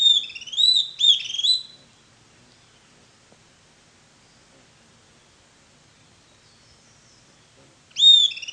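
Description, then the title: Bird song: clear, loud looping whistles in three quick phrases, then silence, then a fresh whistled phrase starting at the end. "LuckyPassaro Completos2Sama"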